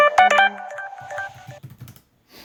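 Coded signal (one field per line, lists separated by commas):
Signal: none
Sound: radio's key beeps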